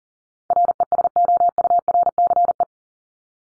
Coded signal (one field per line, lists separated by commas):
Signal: Morse code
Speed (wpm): 40 wpm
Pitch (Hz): 700 Hz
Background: none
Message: RESOURCE